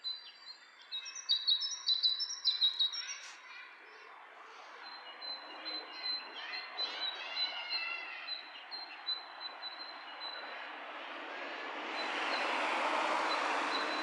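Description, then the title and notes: Bird calls, bright high chirps in quick bursts over the first seconds, then softer warbling notes, fading under a rising hiss of noise near the end. Two birds interacting; lo-fi recording. "bird dialogs. lo-fi recording of two birds interacting"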